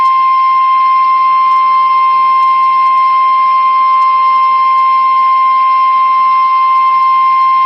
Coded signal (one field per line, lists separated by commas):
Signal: Emergency Alert System (SAME) tones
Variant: 1050 Hz attention tone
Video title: Trouble On Both Sides | EAS Alerts from 7/10/2022 (EAS #1292-1308)